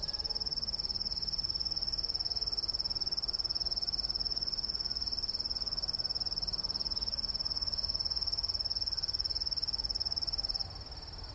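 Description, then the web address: Kusahibari cricket singing an unbroken thin, high, rapidly pulsed trill that stops shortly before the end, leaving soft background hiss. Recorded 15 September 2008 at Nagaike. "nagaike kusahibari 080915"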